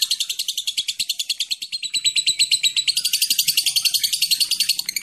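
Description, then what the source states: Lovebird singing a fast, continuous chattering trill that climbs slightly higher in pitch partway through and stays shrill and pulsing to the end. Lovebird singing a long ngekek trill (Indonesian style 'ngekek panjang').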